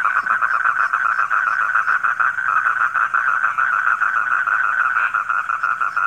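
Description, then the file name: Frog chorus of rapid, rhythmic croaks merging into a continuous droning trill, loud and steady from start to finish. Frogs recorded at night. "suara kodok di malam hari"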